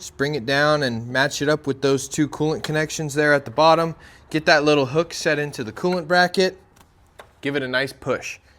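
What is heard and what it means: A plastic coolant expansion tank on a BMW cooling system is lowered onto its two coolant connections at the bottom, and its little hook is set into the radiator bracket while someone talks. The tank is handled and being pushed, but nothing has seated or clicked yet.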